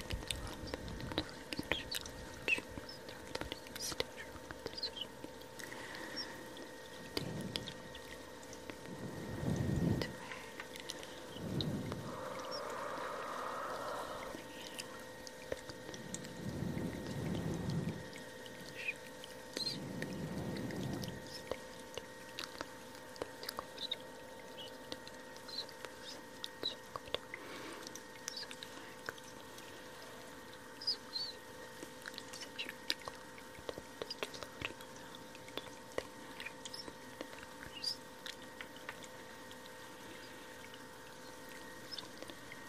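Soft hissing steam and trickles of water fill the recording, with steady faint tones humming underneath throughout. Several low, muffled whooshes rise and fade in the first twenty seconds, and small crackles and taps scatter across the rest at a quiet, even level.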